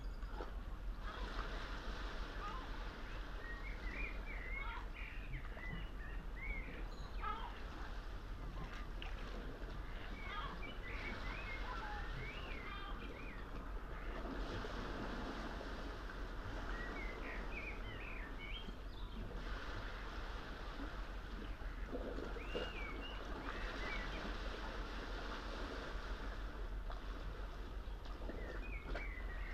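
Smooth sea at sunrise washes steadily against boulders at the water's edge, a constant low wash with gentle swells rising and easing every few seconds. Bird chirps flicker over the surf throughout, with a deep rumble, possibly a boat, underneath.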